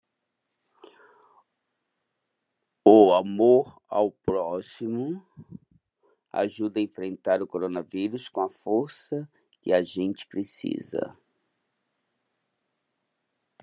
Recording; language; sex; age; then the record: spoken sentence; Brazilian Portuguese; male; 50 to 59 years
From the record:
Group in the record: control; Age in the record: 56 years